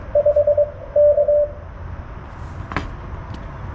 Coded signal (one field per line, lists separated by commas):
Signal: Morse code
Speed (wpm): 23 wpm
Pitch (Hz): 590 Hz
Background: none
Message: 5 K